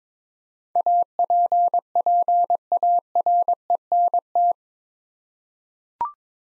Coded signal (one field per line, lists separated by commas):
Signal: Morse code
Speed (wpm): 22 wpm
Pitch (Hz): 700 Hz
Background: none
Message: APPARENT